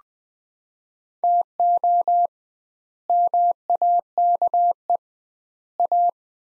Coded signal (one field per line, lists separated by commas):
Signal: Morse code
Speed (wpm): 20 wpm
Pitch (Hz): 700 Hz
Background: none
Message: TO MAKE A